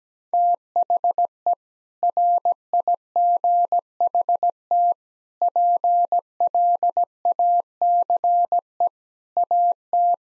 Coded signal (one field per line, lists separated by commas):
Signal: Morse code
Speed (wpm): 17 wpm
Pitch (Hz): 700 Hz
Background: none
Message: THE RIGHT PLACE AT